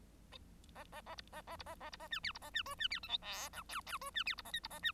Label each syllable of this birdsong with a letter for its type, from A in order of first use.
A A A B A A B A A B A C D B A C E C D F G H I J J E C D B A K B A C